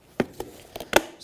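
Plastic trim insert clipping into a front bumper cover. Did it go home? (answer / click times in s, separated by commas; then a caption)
yes / 0.2 s, 1.0 s. A new plastic trim insert is pressed into the front bumper cover of a 2013-2018 Hyundai Santa Fe, and its plastic clips snap into place. Sharp clicks land at 0.2 s and 1.0 s, with quieter taps in between. The piece ends up seated in the bumper cover.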